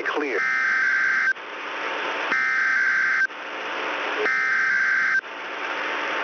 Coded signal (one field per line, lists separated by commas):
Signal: Emergency Alert System (SAME) tones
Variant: header bursts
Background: speech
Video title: Final Monthly and Weekly of May (EAS #18741-18769) 5/29/24